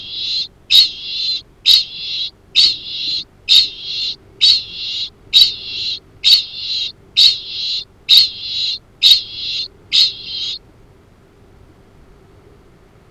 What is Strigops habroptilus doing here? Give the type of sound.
ching call